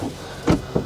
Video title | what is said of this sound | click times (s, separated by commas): 2025 Luxury Diesel Motorhomes Going To Auction! | and now that's locked into place so now you essentially have | 0.8 s